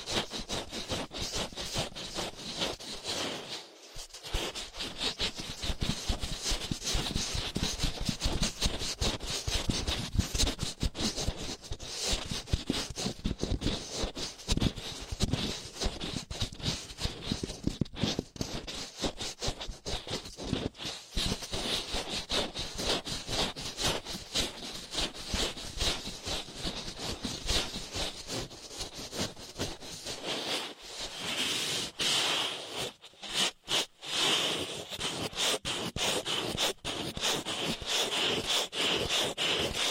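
Ear cleaning massage sounds fill the recording with continuous dense scratching and rubbing, a rapid crackly texture that stays bright and busy throughout. Brief drops in loudness break the flow near 4 seconds and again around 32 to 34 seconds.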